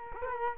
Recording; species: mosquito wingbeat signal from an infrared sensor; Culex quinquefasciatus